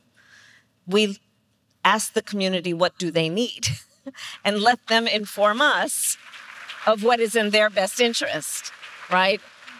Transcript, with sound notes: We ask the community what do they need and let them inform us -- [applause] -- of what is in their best interest, right?